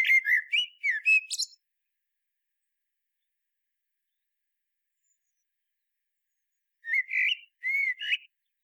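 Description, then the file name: Common blackbird song: warbled whistled notes ending in a high squeaky flourish, then a long quiet gap before a second mellow phrase. "Turdus merula"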